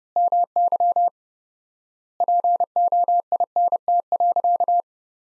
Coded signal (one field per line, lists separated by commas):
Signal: Morse code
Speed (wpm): 29 wpm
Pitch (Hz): 700 Hz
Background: none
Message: MY POINT.